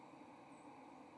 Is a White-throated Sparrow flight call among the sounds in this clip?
no